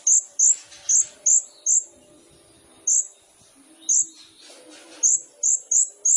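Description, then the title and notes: Olive-backed sunbird song: high, thin, sharp notes given singly and in quick groups with uneven gaps, over faint lower sounds. Indonesian masteran training recording for songbirds; kolibri ninja described as gacor, full of isian (fills) and tembakan (bursts), suited as pancingan to provoke birds. "MASTERAN KOLIBRI NINJA TERBAIK FULL ISIAN DAN TEMBAKAN MEWAH COCOK BUAT PANCINGAN. Suara Burung Kolibri Ninja Gacor"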